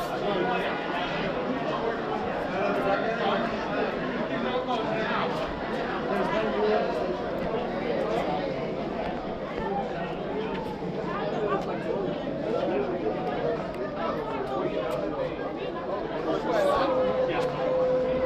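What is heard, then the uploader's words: A large crowd at a wrestling event at Madison Square Garden roars and chatters in a dense, unbroken wash of voices. The level stays steady throughout, with a few sharp claps or shouts poking through and a rising whistle near the end. Wrestling at Madison square garden. Mostly of people chanting!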